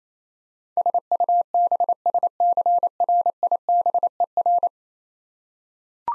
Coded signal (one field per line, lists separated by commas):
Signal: Morse code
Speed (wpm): 28 wpm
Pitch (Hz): 700 Hz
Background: none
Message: SUBSCRIBER